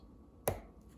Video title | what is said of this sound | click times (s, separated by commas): ABU Garcia Brake Blocks Adjustment Explained UC 4600C 5500C 5500CS Rocket 6500CS Rocket | push it in you hear it snap | 0.5 s